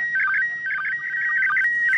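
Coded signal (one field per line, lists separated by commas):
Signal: SSTV (slow-scan television)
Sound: warbling electronic tones stepping between steady whistles and fast chirpy bursts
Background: radio static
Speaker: I've got almost full strength on my Smeter now.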